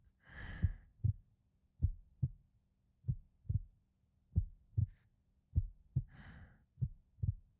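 Steady lub-dub heartbeat of an adult woman at about 48 beats per minute, heard close against the chest, with soft breaths near the start and toward the end.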